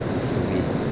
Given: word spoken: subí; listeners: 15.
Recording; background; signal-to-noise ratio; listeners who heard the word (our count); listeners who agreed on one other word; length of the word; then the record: one Spanish word in noise, from a listening test; speech-shaped noise; -5.1 dB; 0 of 15; 11 of 15; 0.52 s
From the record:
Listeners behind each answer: 11, 2, 1, 1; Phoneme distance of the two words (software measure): 7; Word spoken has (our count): 2 syllables, 4 phonemes, stress on syllable 2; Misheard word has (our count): 2 syllables, 5 phonemes, stress on syllable 2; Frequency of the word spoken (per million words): 3.69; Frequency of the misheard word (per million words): 34.93